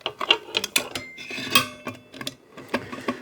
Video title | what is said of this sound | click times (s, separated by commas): Hunter Ceiling Fan Install, Top of Stairs. Hunter Anza 5 blade 52ins ceiling fan from Costco | And you turn it till it clicks. And it clicked. | 0.8 s